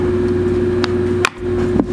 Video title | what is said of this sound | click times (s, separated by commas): VEJA Q IDEIA DE GENIO FORRO DE PVC COMPLETO DEPOIS QUE FIZ ISSO O QUARTO FICOU LINDO | viu o estalo? Deu um estalo ali. Lá de cá também. | 0.8 s, 1.2 s